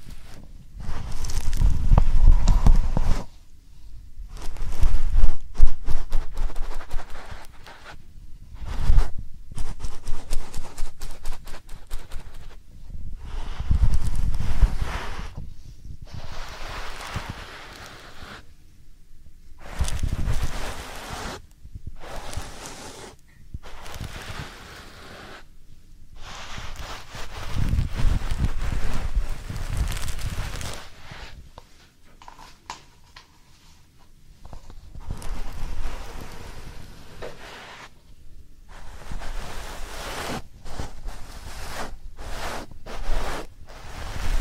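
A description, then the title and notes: A soft powder ear massage, with bursts of rubbing and brushing that rise and fall in loudness every few seconds, separated by brief near-silent pauses. The rubbing has a dry, crackly, full texture with a low muffled thump in stronger passes. ASMR Real Soft Powder Ear Massage (No Talking).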